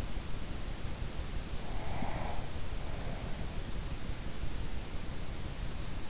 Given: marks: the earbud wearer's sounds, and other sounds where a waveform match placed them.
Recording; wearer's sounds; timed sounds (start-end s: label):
sounds in sleep by an in-ear microphone; breath
1.68-3.64 s: breath